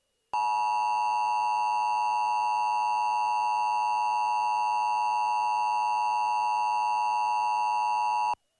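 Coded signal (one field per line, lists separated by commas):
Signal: Emergency Alert System (SAME) tones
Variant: 853 and 960 Hz attention tone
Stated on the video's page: EAS mock, a simulated alert, not a real transmission.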